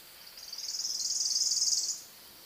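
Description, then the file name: Worm-eating warbler song: a dry, buzzy, very high trill that swells in volume over about one and a half seconds, then cuts off sharply. Recorded in an oak hammock on Merritt Island, Florida, on 12 April 2018 at 8:01 AM. "Worm eating Warbler FL MINWR Oak Hammock"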